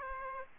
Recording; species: mosquito wingbeat signal from an infrared sensor; Aedes aegypti